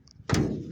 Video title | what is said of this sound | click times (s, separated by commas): 1992 Toyota Corolla wagon, Rod Knock! project car build ep 1. | clicked right in which is really nice | 0.3 s